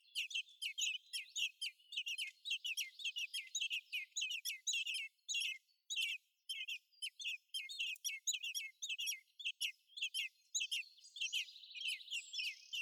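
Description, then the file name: Eurasian blackbird chattering continuously, a dense string of high squeaky call notes with a short lull partway through. "Turdus merula"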